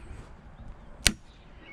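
The end of a zone control cable on a Craftsman walk-behind mower is pushed into the second hole down on the metal handle bracket. Against a low background, a single sharp click is heard at 1.1 seconds as the cable end snaps into the hole and seats.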